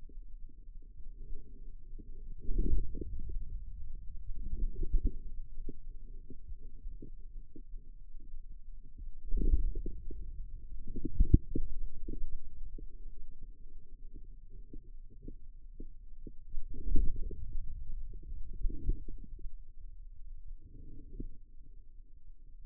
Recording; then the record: forearm muscle sounds (acoustic myography)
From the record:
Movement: inward rotation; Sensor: system 2, bracelet of six BSWA MPA416 microphones around the upper forearm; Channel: 4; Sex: male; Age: 22 years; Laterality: right